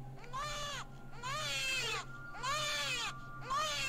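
A newborn baby girl, umbilical cord still attached and wrapped in layers of cloth in cold weather, wails in four strained, rising-and-falling cries with short gasping pauses between them, the high, bleat-like voice steady and insistent with no talking.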